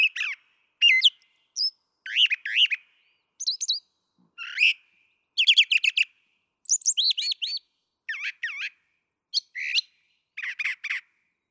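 Brown thrasher singing a steady sequence of distinct phrases, chattering trills, looping whistles and sharp chips, many repeated two or three times before switching to a new one.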